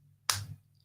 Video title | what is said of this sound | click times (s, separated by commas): Blue Brixx Lego Build Live Stream | like that. Satisfying snap. | 0.3 s